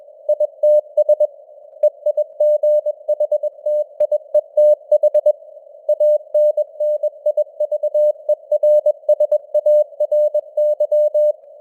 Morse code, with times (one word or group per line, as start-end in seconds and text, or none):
0.3-1.3 ITS
1.8-5.3 EIGHTIETH
5.9-11.3 ANNIVERSARY